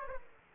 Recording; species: mosquito wingbeat signal from an infrared sensor; Aedes aegypti